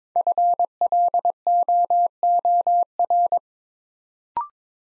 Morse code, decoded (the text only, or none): FLOOR